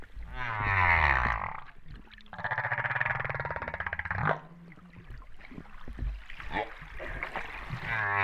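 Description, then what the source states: Humpback whale calls: harmonic moans and pulsed buzzy units, some rising, others low grunts, following one another with short gaps. Recorded at Réunion on 13 September 2011, about 08:35.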